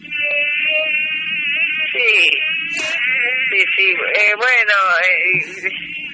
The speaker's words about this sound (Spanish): estás entonces en el Jardín Botánico... rodeado de mosquitos.